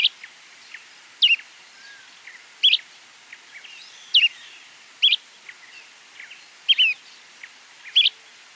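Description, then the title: Bran-colored flycatcher calling with crisp high chips, some doubled, at irregular intervals, with faint thin notes in the background. Subspecies flammiceps. "LuckyPassaro Completos2Sama. Bran-colored Flycatcher (Myiophobus fasciatus flammiceps)"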